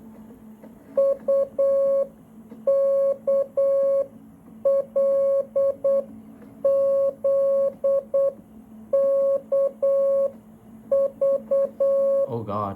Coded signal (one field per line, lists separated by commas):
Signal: Morse code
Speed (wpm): 8 wpm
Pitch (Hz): 550 Hz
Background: speech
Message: UKLZKV